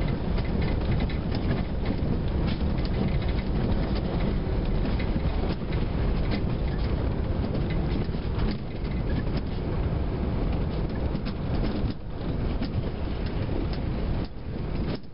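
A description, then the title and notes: A vehicle drives along a road, heard from inside as a steady, dense low rumble with a heavy engine and road drone that barely changes. Faint rattles and clicks come through now and then, with brief dips in the noise around 12 and 14 seconds. Laos - driving through northern Laos. Driving along the road from Luang Namtha south towards Luang Prabang, Laos.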